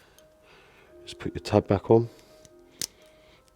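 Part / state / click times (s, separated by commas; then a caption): locking tab onto wiring connector housing / seated / 2.8 s. A plastic pin-retaining locking tab is pushed back onto a wiring connector housing during a headlight and taillight retrofit on a BMW E60, converting it from pre-LCI to LCI. Someone talks, and then a sharp click at 2.8 s marks the tab snapping on, leaving the connector seated and locked in.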